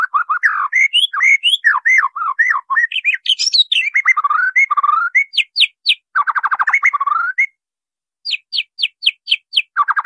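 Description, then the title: White-rumped shama song: rich, varied whistled phrases with rapid chattering trills and a run of high sharp repeated notes, brief pause near the end. Training song recording (masteran) for caged birds; titled "labaik". "MURAI BATU LABAIK"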